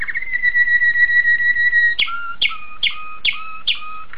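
Domestic canary song: a long level whistled note followed by five quick sharp notes, each dropping to a short lower tone, repeated about every half second.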